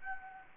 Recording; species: mosquito wingbeat signal from an infrared sensor; Anopheles gambiae